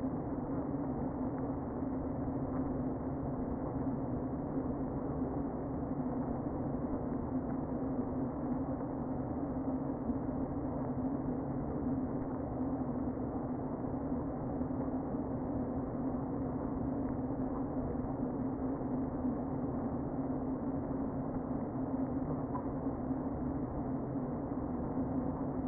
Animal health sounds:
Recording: honeybee colony, microphone inside the hive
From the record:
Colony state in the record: queen present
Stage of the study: before two queens were removed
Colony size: about 60,000 bees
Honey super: yes

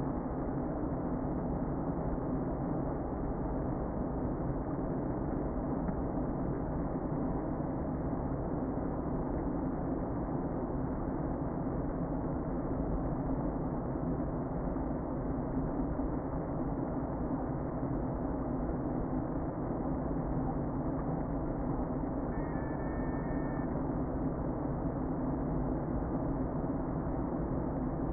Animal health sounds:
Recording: honeybee colony, microphone inside the hive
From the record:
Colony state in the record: queen present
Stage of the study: before two queens were removed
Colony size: about 60,000 bees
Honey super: yes

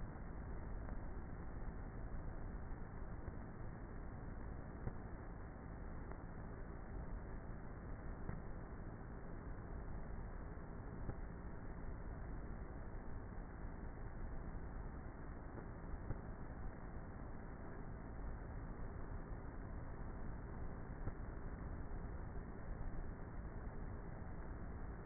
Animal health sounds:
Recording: honeybee colony, microphone inside the hive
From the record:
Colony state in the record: queenless with a low population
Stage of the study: before two queens were removed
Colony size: about 30,000 bees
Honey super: no

